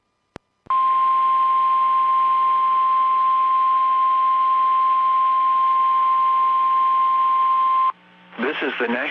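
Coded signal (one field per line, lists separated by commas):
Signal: Emergency Alert System (SAME) tones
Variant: 1050 Hz attention tone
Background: speech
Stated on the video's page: Required Weekly Tests on NOAA weather radio station WXJ53, including KPL20 relays of WXJ53, KGG68 and KEC56.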